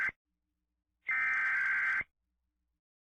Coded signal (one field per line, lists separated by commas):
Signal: Emergency Alert System (SAME) tones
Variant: header bursts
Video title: ThisIsNotATest EAS and EBS Mock Videos - Season 3